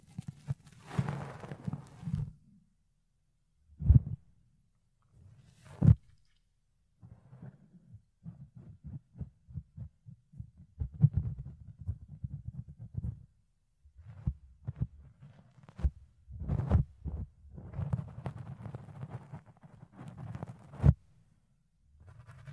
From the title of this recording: Fluffy Ear Cleaning, Ear Picking